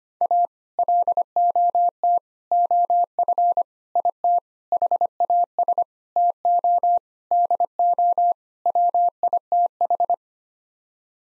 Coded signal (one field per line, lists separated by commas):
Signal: Morse code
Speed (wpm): 25 wpm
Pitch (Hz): 700 Hz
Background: none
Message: A LOT OF IT HAS TO DO WITH